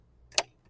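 A rear seat backrest in a 2013 Volkswagen Passat R-Line TDI BlueMotion Tech is folded forward partway. A single sharp click is heard at 0.4 s, and there is a faint trailing tick just after 0.6 s. The backrest's folding latch catches and seats in its first detent position.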